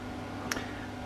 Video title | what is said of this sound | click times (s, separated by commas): Nucleus DIY instructions | it goes here and clicks into place | 0.5 s